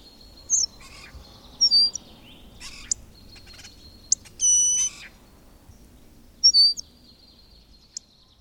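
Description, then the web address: Bird calls, sharp high chirps scattered throughout, with a steady whistled tone carrying harmonics near the middle and a low background hum. "madarak enek"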